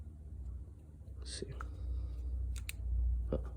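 On a Prelude whose VSS speed sensor went out, the plastic speed sensor top housing is rotated by hand to line it up on the sensor body while someone talks. A sharp click at 2.7 seconds confirms it has seated.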